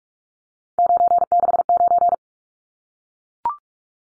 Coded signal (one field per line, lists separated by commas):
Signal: Morse code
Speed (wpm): 44 wpm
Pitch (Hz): 700 Hz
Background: none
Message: 969